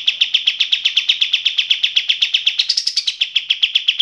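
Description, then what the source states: Kapas tembak song, an even stream of quick, bright repeated notes, with a brief higher stretch past the middle. Training song for teaching cage birds to sing; described as a fine quality song.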